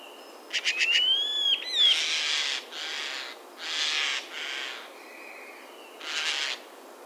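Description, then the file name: Eurasian jay giving harsh, rasping screeches, several broad noisy bursts in a row, preceded by short ticking notes and a rising whistled note. "Garrulus glandarius"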